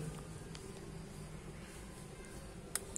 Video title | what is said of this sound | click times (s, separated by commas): SERVIS SOCKET KONECTOR FLAKSIBLE RONTOK❗100% PRESISI TANPA RESIKO❗ | Ya, klik kawan-kawan ya. Sudah klik. | 2.8 s, 3.0 s